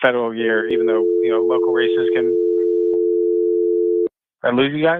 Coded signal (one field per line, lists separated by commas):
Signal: telephone call progress tone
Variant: North America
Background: speech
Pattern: dial tone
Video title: Election 2025 - Radio Catskill